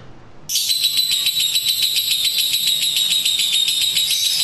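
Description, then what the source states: Lovebird bursts into a sudden, sustained shrill chatter after a half-second of quiet, keeping a rapid even rhythm. Lutino lovebird giving the ngekek chattering call, used for training.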